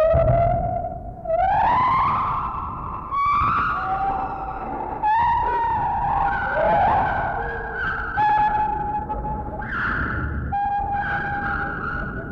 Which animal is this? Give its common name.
Lar Gibbon